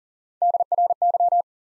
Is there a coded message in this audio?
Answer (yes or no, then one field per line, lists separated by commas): yes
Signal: Morse code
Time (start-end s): 0.4-1.4 s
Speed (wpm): 40 wpm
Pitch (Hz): 700 Hz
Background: none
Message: DRY